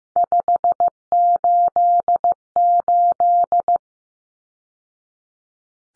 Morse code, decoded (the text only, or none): 588